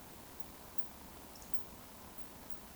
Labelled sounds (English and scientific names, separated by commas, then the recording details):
Eurasian Woodcock (Scolopax rusticola) whistle
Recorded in Baden-Württemberg, Germany, on 11 June 2020 at 20:40 UTC
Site 14569, 102 m above sea level